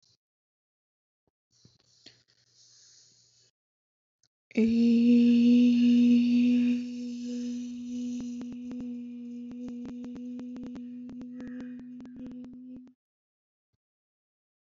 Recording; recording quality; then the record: sustained vowel as in made; excellent, no background noise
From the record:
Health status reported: healthy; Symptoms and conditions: none ticked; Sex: female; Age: 24 years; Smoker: not ticked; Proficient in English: yes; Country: India